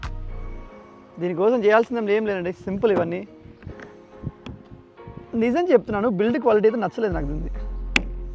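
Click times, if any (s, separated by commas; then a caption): 8.0 s. A plastic nozzle lance is pressed firmly onto the spray gun of a Bosch Aquatak 125 bar 1500-watt high-pressure washer. Someone talks over background music, then a single sharp click at 8.0 s marks the lance snapping into place and the mechanism engaging.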